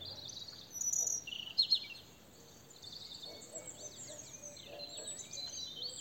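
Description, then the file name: European robin song: thin, high, varied twittering phrases with quick slurred notes, loudest near the first and second seconds, then quieter scattered fragments over a faint background hiss. "Erithacus rubecula"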